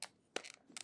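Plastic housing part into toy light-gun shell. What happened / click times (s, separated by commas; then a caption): Plastic housing part snapped into place / 0.4 s, 0.8 s. A plastic housing part is aligned and pressed into the shell of an NES Zapper-style toy light gun (TV-B-Gun). Short, sharp plastic clicks ring out, with a loud snap at 0.4 s and a final little snap at 0.8 s. The part snaps into place and is seated.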